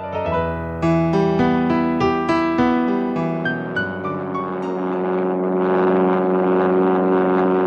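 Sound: propeller airplane flying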